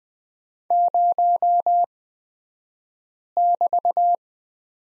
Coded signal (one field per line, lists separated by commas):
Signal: Morse code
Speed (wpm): 20 wpm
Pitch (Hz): 700 Hz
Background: none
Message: 0<BT>